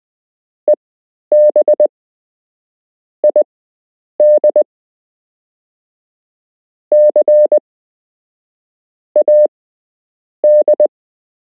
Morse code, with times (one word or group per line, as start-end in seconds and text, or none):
0.7-1.9 EB
3.2-4.6 ID
6.9-7.6 C
9.2-10.9 AD